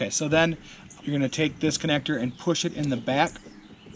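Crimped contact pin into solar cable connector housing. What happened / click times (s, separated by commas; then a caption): The connector is being handled but has not clicked into place yet / none. A crimped contact pin on a solar panel cable is being handled at the back of its plastic connector housing, part of a solar panel install on a Toyota Tacoma with a Victory 4x4 roof rack. Someone talks throughout, and no click is heard. The pin has not seated or clicked into the housing yet.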